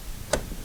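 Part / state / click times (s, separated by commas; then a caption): brake fluid reservoir cap onto reservoir / seated / 0.3 s. A plastic brake fluid reservoir cap on a 2017–2021 Honda HR-V is put back onto the full reservoir and turned until it locks in place. A single sharp tick sounds at 0.3 s against low background noise, and the cap is locked and seated.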